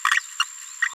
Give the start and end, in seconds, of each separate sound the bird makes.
0.11-0.19, 0.40-0.44, 0.82-0.88